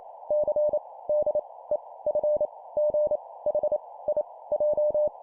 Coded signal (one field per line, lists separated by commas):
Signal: Morse code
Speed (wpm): 28 wpm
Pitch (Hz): 600 Hz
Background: none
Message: C D E F G H I J